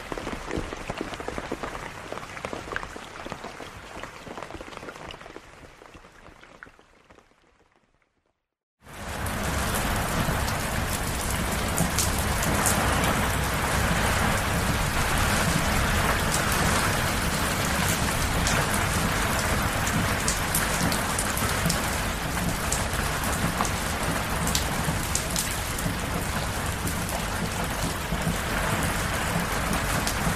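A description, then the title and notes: Rain falls steadily at first, then fades away to near silence around the eighth second. Just after, a much louder, denser downpour cuts in abruptly and holds an even, hissing patter of drops with a low rumble underneath until the end. Serene Rain Sounds.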